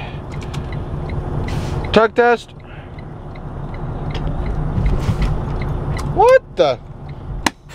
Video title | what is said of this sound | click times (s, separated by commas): A Trip To Pennsylvania | i don't know what the sad part is is i heard it go click | 7.5 s